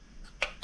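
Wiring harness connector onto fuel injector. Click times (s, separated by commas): 0.4 s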